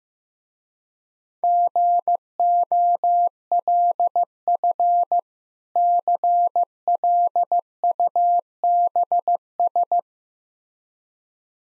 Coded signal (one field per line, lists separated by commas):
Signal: Morse code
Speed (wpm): 15 wpm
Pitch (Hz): 700 Hz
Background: none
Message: GOLF CLUBS